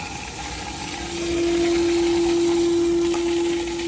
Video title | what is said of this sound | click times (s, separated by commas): Water Softener and Filtration Installation - Step by Step DIY installation @Aquasure #watersoftener | You'll hear a little click when it's in that position. | 3.1 s